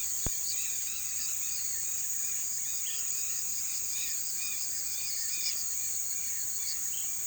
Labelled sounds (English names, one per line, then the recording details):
Fork-tailed Palm Swift
Red-bellied Macaw
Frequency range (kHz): Fork-tailed Palm Swift 3.5-6.0 kHz
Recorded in pastures near Puerto Asís, Putumayo, Colombia, on 20 February 2024 at 17:00
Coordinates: 0.468, -76.328
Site G6414